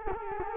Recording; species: mosquito wingbeat signal from an infrared sensor; Culex quinquefasciatus